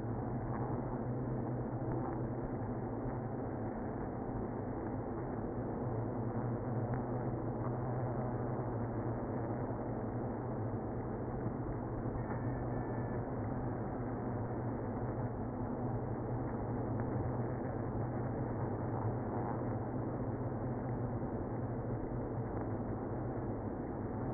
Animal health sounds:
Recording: honeybee colony, microphone inside the hive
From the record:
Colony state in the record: queenless (queen removed)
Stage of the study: after two queens were removed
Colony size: about 60,000 bees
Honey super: yes

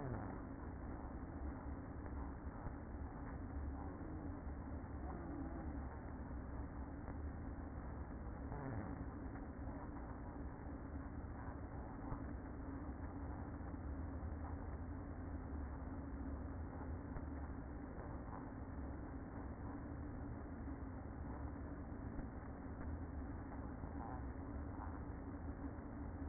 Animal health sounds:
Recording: honeybee colony, microphone inside the hive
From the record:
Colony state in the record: queen present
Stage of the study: after two queens were removed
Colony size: about 60,000 bees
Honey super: yes

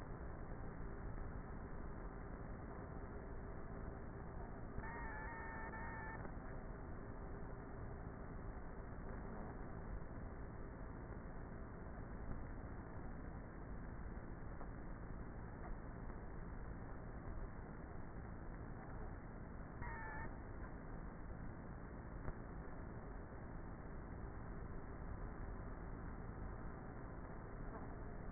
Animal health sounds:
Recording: honeybee colony, microphone inside the hive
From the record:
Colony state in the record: queenless with a low population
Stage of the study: before two queens were removed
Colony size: about 30,000 bees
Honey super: no

